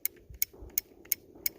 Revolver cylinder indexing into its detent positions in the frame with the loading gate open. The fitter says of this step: it clicks into place so for me